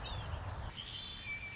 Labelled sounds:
Red-winged Blackbird (Agelaius phoeniceus)
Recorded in Sonoma County, California

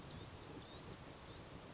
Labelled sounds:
Blue-gray Gnatcatcher (Polioptila caerulea)
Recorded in Sonoma County, California

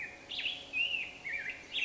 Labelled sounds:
Black-headed Grosbeak (Pheucticus melanocephalus)
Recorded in Sonoma County, California

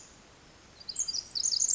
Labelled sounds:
Pacific Wren (Troglodytes pacificus)
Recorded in Sonoma County, California

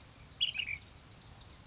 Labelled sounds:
Ash-throated Flycatcher (Myiarchus cinerascens)
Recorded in Sonoma County, California

